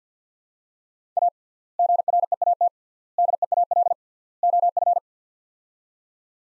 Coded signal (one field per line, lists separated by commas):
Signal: Morse code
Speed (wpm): 50 wpm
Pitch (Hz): 700 Hz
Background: none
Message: A GREAT DEAL OF